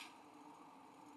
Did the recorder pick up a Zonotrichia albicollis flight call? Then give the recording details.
no. No flight call is heard. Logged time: 03:50 on 5 December 2014